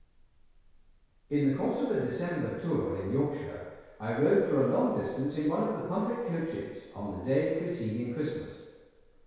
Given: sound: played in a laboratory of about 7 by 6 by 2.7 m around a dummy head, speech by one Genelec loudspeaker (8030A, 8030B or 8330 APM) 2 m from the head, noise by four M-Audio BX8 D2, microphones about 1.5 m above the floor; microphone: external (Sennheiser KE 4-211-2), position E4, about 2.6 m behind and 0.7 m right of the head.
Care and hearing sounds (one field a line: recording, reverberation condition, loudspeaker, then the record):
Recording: male speech in English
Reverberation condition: high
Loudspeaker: 120 degrees to the right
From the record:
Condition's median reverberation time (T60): about 1300 ms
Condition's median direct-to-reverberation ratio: about -4.0 dB